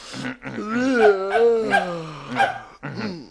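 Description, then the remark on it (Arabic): A dog barks and growls in a short series of loud, drawn-out vocalizations, the tones rising and falling with a whining edge between brief pauses. “انه كلب يا سيدي مثل كلبي.”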